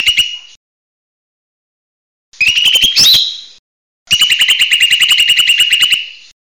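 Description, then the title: Bird song: three bursts of fast, buzzy trilled notes around a steady high pitch, the second with a sharp upward slide, separated by short silences. "SuaraBurung Kicau1"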